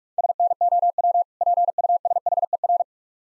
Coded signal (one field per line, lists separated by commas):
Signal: Morse code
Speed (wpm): 46 wpm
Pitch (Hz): 700 Hz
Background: none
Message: SNOW PUSHER